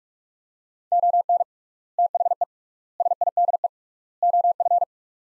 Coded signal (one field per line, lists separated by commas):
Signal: Morse code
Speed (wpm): 45 wpm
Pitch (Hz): 700 Hz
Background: none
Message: ON THE SIDE OF